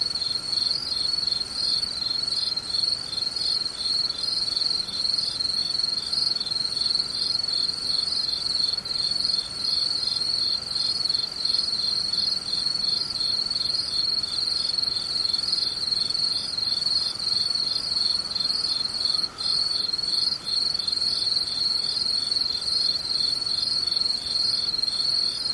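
Insects chirp in a dense, unbroken pulse that holds steady for the whole recording, a bright, fast trill repeating evenly without pause. A thinner high tone and a faint lower whine sit alongside, over a soft rustling hush in the background.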